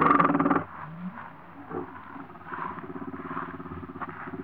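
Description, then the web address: Warthog snarl: a loud harsh burst in the first half-second, then low rasping grunts and rumbling growls pulsing rapidly through the rest. Warthogs in Africa, recorded close up, growling and snarling. "BBC Sound Effects Library. Africa. Wart Hogs"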